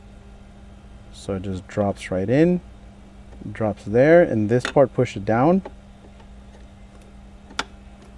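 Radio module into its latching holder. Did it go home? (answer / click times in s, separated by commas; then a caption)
yes / 7.6 s. During a 15.6" screen radio install in a 2015-2020 Yukon/Denali/Tahoe/Suburban, a plastic radio module is dropped into its latching holder behind the dash and pushed down while someone talks. A single sharp click comes at 7.6 s as the locking tab and latch engage, and the module is seated and locked in place.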